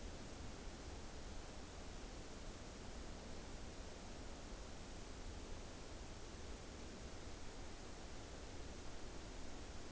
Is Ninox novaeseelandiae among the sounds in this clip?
no